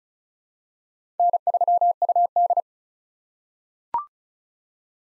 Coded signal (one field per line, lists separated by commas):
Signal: Morse code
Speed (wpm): 34 wpm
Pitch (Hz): 700 Hz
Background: none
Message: N3UD